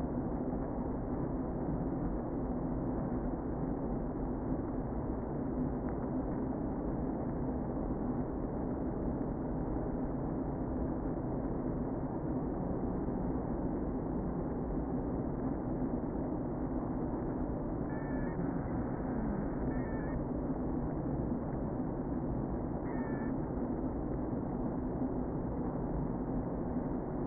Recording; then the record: honeybee colony, microphone inside the hive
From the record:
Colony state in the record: queen present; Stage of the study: before two queens were removed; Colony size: about 60,000 bees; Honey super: yes